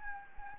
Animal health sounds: mosquito wingbeat signal from an infrared sensor; Anopheles gambiae

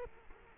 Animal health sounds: mosquito wingbeat signal from an infrared sensor; Culex quinquefasciatus

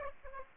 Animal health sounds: mosquito wingbeat signal from an infrared sensor; Aedes aegypti

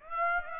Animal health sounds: mosquito wingbeat signal from an infrared sensor; Aedes aegypti

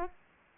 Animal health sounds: mosquito wingbeat signal from an infrared sensor; Aedes aegypti

